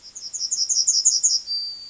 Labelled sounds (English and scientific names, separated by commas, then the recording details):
Yellowhammer (Emberiza citrinella) song
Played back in forest
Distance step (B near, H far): C
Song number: 020